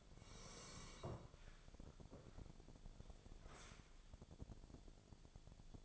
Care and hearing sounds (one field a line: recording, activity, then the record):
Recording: daily activity, microphone in the room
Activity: sit down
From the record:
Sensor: 5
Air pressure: 1000.5 hPa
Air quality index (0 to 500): 147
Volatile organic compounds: 2 ppm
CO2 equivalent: 1139 ppm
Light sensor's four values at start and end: 48/111/46/49 and 48/112/47/49